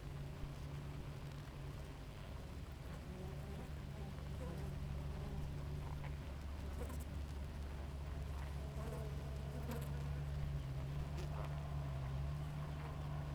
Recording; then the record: honeybee colony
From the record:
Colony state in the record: active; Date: 28 July 2017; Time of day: 5:27